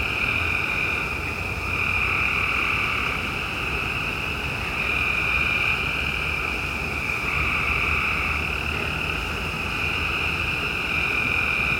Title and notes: Frogs At 10pm. frogs on the outskirts of our yard, at around 10pm during the last week of June